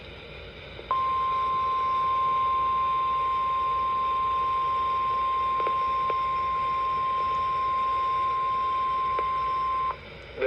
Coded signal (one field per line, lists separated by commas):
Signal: Emergency Alert System (SAME) tones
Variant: 1050 Hz attention tone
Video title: Mid-Summer Marathon Pt. 1 - EAS Alerts from 7/9/25 || EAS 1,933-1,970